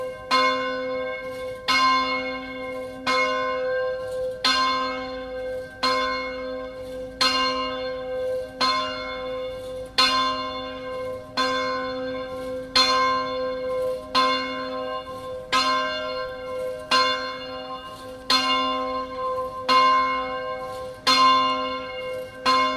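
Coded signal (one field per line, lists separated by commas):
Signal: bell signal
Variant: Angelus, single big bell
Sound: a single large church bell rings steadily, about 16 even strokes, each ringing out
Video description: Battiore e distesa della grande (dura 2 minuti) delle 12:00 per l'Angelus feriale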